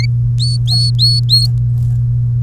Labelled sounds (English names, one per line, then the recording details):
Domestic Canary song
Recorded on 3 May 2018 at 10:20
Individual llb3